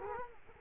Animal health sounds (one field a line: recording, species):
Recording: mosquito wingbeat signal from an infrared sensor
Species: Culex quinquefasciatus